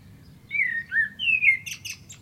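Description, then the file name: Common blackbird: a single mellow fluted phrase of three smooth whistles, closing with a quick high, thin twitter. "Turdus merula"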